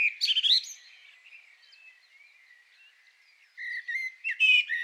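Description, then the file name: Common blackbird: a burst of high squeaky twitters, a long soft lull, then low fluty whistles rising into another twittering flourish. "Turdus merula"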